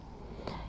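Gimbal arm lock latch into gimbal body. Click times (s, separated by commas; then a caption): 0.5 s. The folding lock on the arm of a Polosmart PSM 55 Zoom smartphone gimbal is closed into the gimbal body to hold the arm fixed. A sharp click sounds at 0.5 s over low background noise. The lock latch seats in place.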